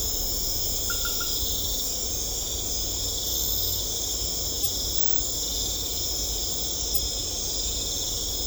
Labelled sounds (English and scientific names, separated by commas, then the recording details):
none
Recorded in secondary vegetation near Puerto Asís, Putumayo, Colombia, on 18 December 2024 at 22:00
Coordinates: 0.500, -76.326
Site G065